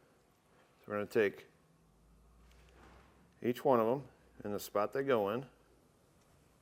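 A crimped wire terminal is being handled for insertion into its cavity in the back of a plastic seven-pole trailer connector, during installation of a brake controller on a 2017 Ford Transit T350. Someone talks throughout, with two faint brief ticks around 2.5 and 2.7 seconds in a quiet gap. Nothing has seated or clicked yet; the terminal is not yet home.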